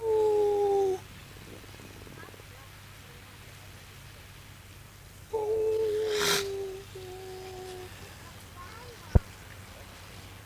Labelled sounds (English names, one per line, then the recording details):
Grey Seal
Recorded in captivity
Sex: pair
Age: adult
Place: Zoo Rostock, Mecklenburg-Vorpommern, DE
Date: 1984-02-04 16:28
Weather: overcast, 3-6°C
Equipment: Nagra SN, Kopie Uher 4000 Report Monitor
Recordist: Tembrock, Günter
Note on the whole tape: Paar: Laute, Weibchen mit Dehnungslaut und rhythmischen Folgen